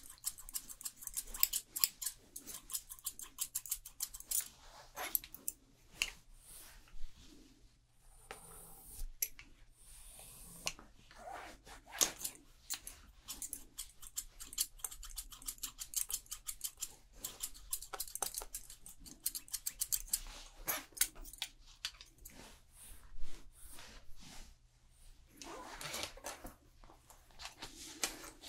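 Fast haircut with rapid, irregular scissor snips and clicks throughout, a steady low hum underneath, and occasional brief rustling bursts.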